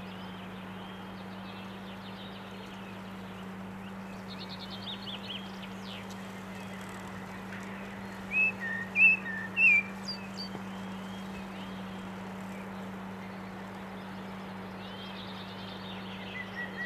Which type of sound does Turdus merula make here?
song